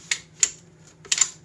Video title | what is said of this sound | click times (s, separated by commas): KEL-TEC KSG - Field Strip | we go and then we're gonna run our slide home and you're gonna hear it click that's | 0.4 s